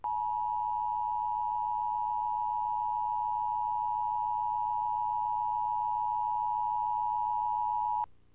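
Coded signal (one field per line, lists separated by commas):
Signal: Emergency Alert System (SAME) tones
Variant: 853 and 960 Hz attention tone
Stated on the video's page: EAS test off-air recording from cable TV, possibly Cox Cable in Wichita, Kansas, on VHS tape during an FX broadcast; not recorded personally.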